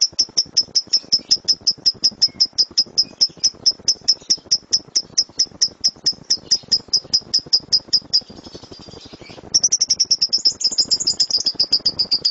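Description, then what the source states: Lovebird song: a long run of sharp, high chirps repeated rapidly and evenly, breaking off briefly, then resuming faster and slightly warbled near the end. Champion lovebird singing as a competition bird.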